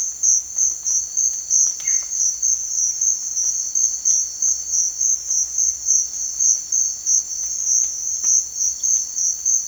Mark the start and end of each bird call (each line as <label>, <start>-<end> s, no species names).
bird call, 1.65-1.99 s